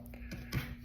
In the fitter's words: Again, it just snaps right in there on all these blades.